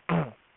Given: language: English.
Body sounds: throat vibration sensor signal played as sound; throat clearing

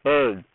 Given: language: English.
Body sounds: throat vibration sensor signal played as sound; speech

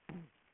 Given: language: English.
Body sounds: throat vibration sensor signal played as sound; throat clearing

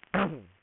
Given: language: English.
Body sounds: throat vibration sensor signal played as sound; throat clearing

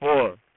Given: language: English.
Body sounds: throat vibration sensor signal played as sound; speech

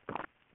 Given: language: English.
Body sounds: throat vibration sensor signal played as sound; swallow

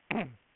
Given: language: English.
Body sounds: throat vibration sensor signal played as sound; throat clearing

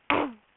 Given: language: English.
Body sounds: throat vibration sensor signal played as sound; throat clearing

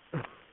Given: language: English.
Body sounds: throat vibration sensor signal played as sound; cough

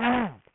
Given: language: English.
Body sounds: throat vibration sensor signal played as sound; throat clearing

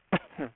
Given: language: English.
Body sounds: throat vibration sensor signal played as sound; cough

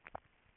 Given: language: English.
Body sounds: throat vibration sensor signal played as sound; swallow

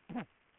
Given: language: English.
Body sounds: throat vibration sensor signal played as sound; throat clearing

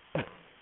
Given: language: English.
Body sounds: throat vibration sensor signal played as sound; cough

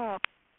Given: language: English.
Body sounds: throat vibration sensor signal played as sound; speech

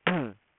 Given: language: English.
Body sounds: throat vibration sensor signal played as sound; throat clearing

